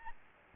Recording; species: mosquito wingbeat signal from an infrared sensor; Aedes albopictus